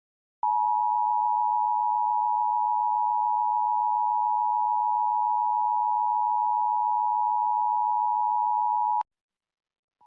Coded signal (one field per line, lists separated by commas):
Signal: Emergency Alert System (SAME) tones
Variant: 853 and 960 Hz attention tone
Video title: EAS During Work It Out Womabts! (11-6-23 WHRO-DT1)